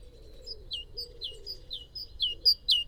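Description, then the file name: Great tit song: a steady alternation of a high note and a lower down-slurred note, repeated briskly and growing louder, over a low background hum. "Parus major"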